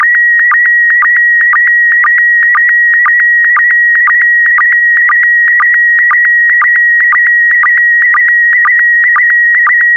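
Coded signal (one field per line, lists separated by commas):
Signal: SSTV (slow-scan television)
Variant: PD120 mode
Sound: steady high whine with rhythmic clicking blips about twice a second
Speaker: complete. You can now check your decoded image against the picture that is shown on the video.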